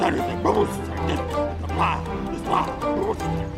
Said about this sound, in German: Er bellte nur selten. Wenn aber, dann richtig.